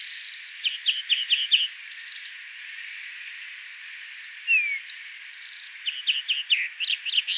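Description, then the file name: European greenfinch calls: short bursts of quick chirping notes in rapid runs, separated by pauses, with a brief falling whistle midway and a soft steady hiss behind. "Chloris chloris"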